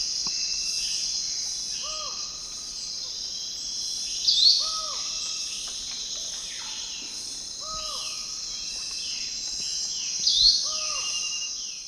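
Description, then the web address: Forest elaenia calling with a crisp high note twice, six seconds apart, against constant shrill insect noise; another bird repeats soft downslurred whistles throughout. Call, eastern lowlands of South America. "Natures Songs S America Eastern Lowlands. Myiopagis gaimardii, call"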